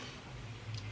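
A plastic suction cap is pushed onto a Xiaomi InFace handheld blackhead vacuum device. A short tick is heard at 0.8 s over a steady low hum, and the cap is seated firmly in place on the device.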